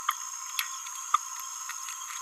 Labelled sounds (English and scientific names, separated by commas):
Green-rumped Parrotlet (Forpus passerinus) babbling